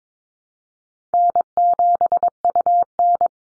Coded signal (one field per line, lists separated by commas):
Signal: Morse code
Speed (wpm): 22 wpm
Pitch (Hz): 700 Hz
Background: none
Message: N7UN